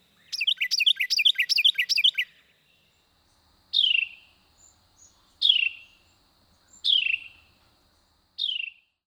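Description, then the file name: Carolina Wren: a rapid run of several repeated rolling phrases, then four sharp downslurred notes about one and a half seconds apart. "Susans Favorite Carolina Wren"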